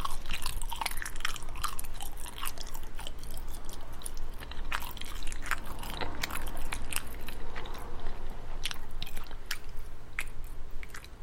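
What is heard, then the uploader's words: Wet mouth sounds of chewing and crunching repeat densely throughout, crisp clicks and bites over a steady low rumble. Lot of mouth sounds.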